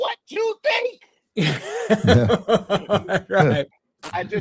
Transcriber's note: laughs